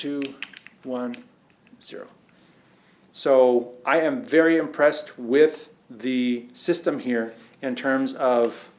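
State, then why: Not seated. Someone talks while handling the tilt lock on an Ikan EG06A2/EG03A2 tripod fluid head, a metal lock mechanism, with faint handling sounds in the quiet gaps between words. The lock is being engaged, but nothing has seated or clicked into place yet.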